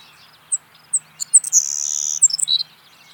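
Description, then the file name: Savannah sparrow song of two spaced, high, thin notes, a quick stutter, then a drawn-out hissing buzz and a lower buzz at the end. "Passerculus sandwichensis - Savannah Sparrow"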